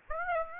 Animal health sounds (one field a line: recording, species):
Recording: mosquito wingbeat signal from an infrared sensor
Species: Aedes aegypti